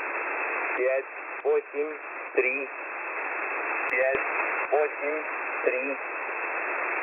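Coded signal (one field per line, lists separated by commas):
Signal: numbers station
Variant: S06b Russian Man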